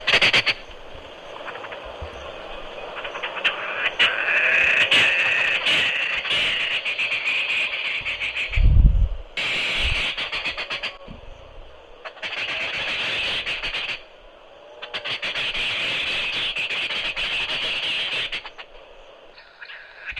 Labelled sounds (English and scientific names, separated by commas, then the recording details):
Arrow-marked Babbler (Turdoides jardineii)
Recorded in northern Uganda